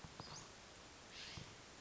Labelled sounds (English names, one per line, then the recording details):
Western Flycatcher
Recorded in Sonoma County, California